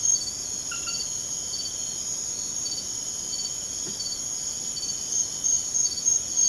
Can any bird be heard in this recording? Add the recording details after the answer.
no. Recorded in secondary vegetation near Puerto Asís, Putumayo, Colombia, on 30 June 2025 at 23:00. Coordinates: 0.500, -76.326. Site GP08